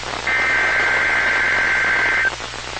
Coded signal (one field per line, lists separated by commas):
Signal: Emergency Alert System (SAME) tones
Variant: header bursts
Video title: EAS: After Several Decades NWS Chanhassen/Twin Cities Ends Live Voice NOAA Weather Radio Testing